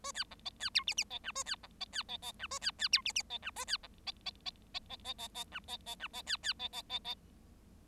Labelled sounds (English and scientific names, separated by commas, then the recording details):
Bengalese Finch (Lonchura striata domestica) song
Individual Bird7